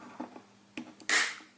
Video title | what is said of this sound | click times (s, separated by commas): KG REVIEW TRANSFORMERS POWER OF THE PRIMES "SLUG" EN FRANÇAIS | Maintenant, comme je l'ai dit en mode dino, on va venir ramener cette fois-ci au max, de façon à ce qu'on entende un gros clip. | 1.1 s